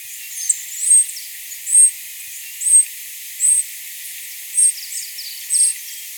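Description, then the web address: Golden-crowned tanager calls: very high, thin notes repeated in a steady series over a faint hiss. Recorded in Ecuador. "Natures Songs S America Birds of Ecuador 4-05 Golden-Crowned Tanager"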